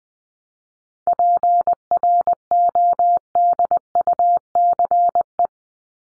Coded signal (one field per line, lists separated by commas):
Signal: Morse code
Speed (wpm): 19 wpm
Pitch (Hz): 700 Hz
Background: none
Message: PRODUCE